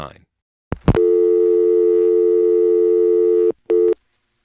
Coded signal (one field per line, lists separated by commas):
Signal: telephone call progress tone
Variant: North America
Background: speech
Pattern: dial tone